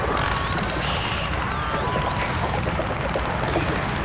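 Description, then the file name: Dolphin whistles, faint wavering tones rising and falling over a steady rushing hiss. "Zvuki zhivoj prirody - Delfiny"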